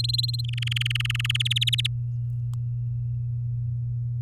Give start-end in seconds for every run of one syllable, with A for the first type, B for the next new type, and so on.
0.00-0.41 A, 0.44-1.37 B, 1.40-1.87 C